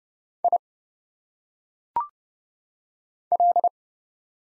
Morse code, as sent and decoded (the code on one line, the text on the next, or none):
.. / .-..
I L